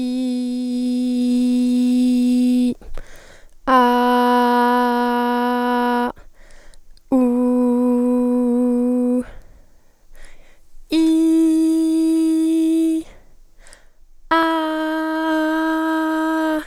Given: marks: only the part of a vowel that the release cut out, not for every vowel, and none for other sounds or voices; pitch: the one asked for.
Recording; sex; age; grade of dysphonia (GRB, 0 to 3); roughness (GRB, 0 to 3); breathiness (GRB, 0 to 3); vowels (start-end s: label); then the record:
sustained vowels; female; 20 to 29 years; 0; 0; 0
0.00-2.09 s: vowel /i/, normal pitch
3.91-5.97 s: vowel /a/, normal pitch
7.39-8.95 s: vowel /u/, normal pitch
11.21-12.75 s: vowel /i/, high pitch
14.72-16.41 s: vowel /a/, high pitch
From the record:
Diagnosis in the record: healthy voice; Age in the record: 20 years